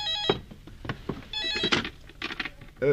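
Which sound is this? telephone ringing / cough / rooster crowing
telephone ringing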